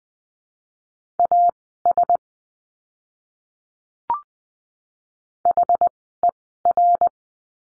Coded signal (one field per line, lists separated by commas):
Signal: Morse code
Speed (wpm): 20 wpm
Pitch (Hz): 700 Hz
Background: none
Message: AS HER